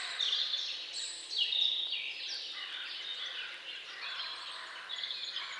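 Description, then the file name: Birds in a busy mixed chorus, quick high twitters and descending phrases tumbling over one another without a steady rhythm. Dawn birdsong, nature sounds. "Odgłosy Natury Świt i ptaki"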